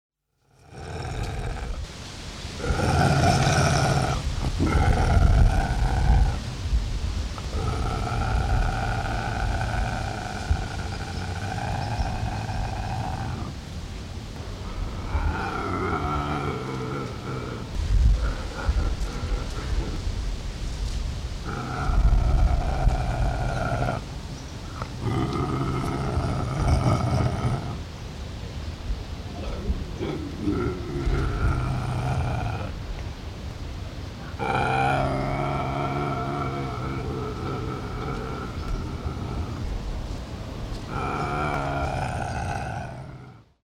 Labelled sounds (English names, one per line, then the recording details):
Eurasian Lynx
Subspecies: kozlovi
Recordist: Tembrock, Günter
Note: Männchen: Knurren